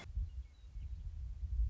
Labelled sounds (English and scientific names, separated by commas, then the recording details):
Western Meadowlark (Sturnella neglecta)
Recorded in Sonoma County, California